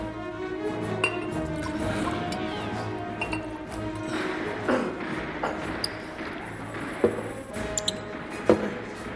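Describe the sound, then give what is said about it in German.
Vodka is poured and sloshes into glasses that clink sharply a handful of times at uneven intervals, with a low murmur of background noise underneath. “Noch einen Wodka?”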